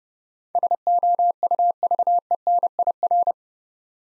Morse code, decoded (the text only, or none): SOUVENIR